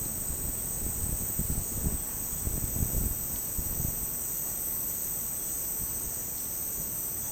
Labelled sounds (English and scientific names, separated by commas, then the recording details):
none
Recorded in dense forest near Puerto Asís, Putumayo, Colombia, on 21 February 2024 at 08:30
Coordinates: 0.485, -76.318
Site G6408